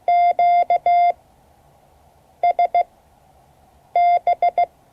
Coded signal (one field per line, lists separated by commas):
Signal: Morse code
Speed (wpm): 16 wpm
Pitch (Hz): 700 Hz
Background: none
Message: QSB